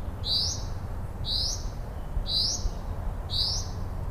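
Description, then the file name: Common Chaffinch repeating a thin, rising call note four times at about one-second intervals, with a continuous low rumble underneath. "Fringilla coelebs"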